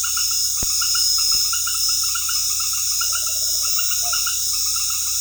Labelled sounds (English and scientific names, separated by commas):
Tropical Screech-Owl (Megascops choliba)